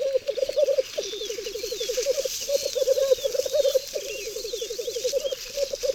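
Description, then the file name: Black grouse giving rolling, cooing bubbles in repeated phrases, with small birds chirping in the background. "Cietrzew"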